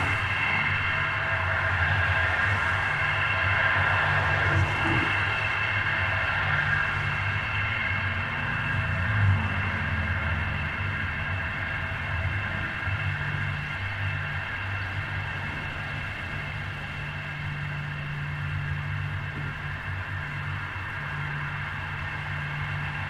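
A recording played through a transducer attached to an old gasoline can gives a steady, dense droning hum with layered low tones and several ringing metallic bands higher up. Around the ninth second the low part briefly swells and wavers, then settles into an even, continuous drone.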